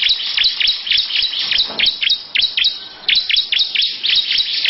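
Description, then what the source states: Lovebird song: a fast series of shrill, sharp chirps in bursts with brief gaps. Long "ngekek panjang" song style.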